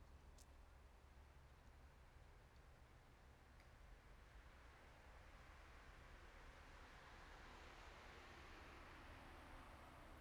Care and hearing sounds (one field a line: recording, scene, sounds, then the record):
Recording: everyday scene through a hearing-aid microphone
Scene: in traffic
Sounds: traffic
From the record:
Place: bus stop on a city main road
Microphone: behind the ear, right, front